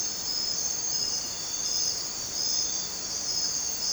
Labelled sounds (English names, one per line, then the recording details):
none
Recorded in dense forest near Puerto Asís, Putumayo, Colombia, on 29 June 2025 at 02:30
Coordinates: 0.484, -76.317
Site G045